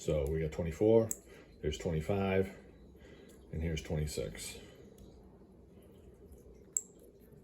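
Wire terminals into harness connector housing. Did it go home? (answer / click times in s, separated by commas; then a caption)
yes / 6.8 s. Wire terminals 25 and 26 are pushed into the cavities of a harness connector housing for the CHMSL cargo camera on a 2013+ 4th Gen Ram 1500. Someone talks, and then a sharp click is heard at 6.8 s as the terminals seat in the connector.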